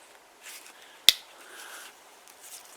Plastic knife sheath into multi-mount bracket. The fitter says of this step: which you can do snap this into place